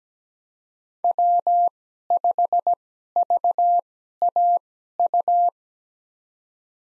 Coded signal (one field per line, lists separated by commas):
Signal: Morse code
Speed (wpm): 17 wpm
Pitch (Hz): 700 Hz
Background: none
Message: W5VAU